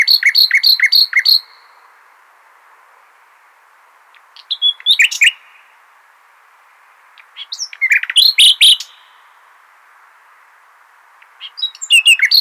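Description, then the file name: Common nightingale song in separate phrases: an opening series of quick repeated notes, then three varied bursts of chirps and rattles, each divided by a few seconds of silence. "Luscinia megarhynchos"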